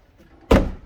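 After a repair to a car's trunk latch, the trunk lid is closed so its striker drops into the trunk latch mechanism. Following a quiet stretch, a single sharp thud-click lands at 0.5 s and fades over the next few tenths of a second. The trunk lid catches and latches.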